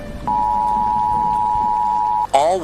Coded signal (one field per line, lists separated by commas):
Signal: Emergency Alert System (SAME) tones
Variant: 853 and 960 Hz attention tone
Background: speech